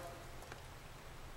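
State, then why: Seated. A new oil filter element for an Audi A3 2.0 TDI is pushed down into the plastic oil filter housing cover until it seats with a short click at 0.5 s. The click stands out against a steady, hissy background noise.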